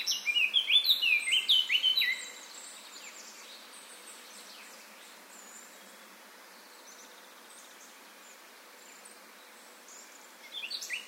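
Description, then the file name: Eurasian blackcap giving a short, fast, scratchy warble for about two seconds, then near silence with faint background hiss, and a brief burst of notes at the very end. "Sylvia atricapilla"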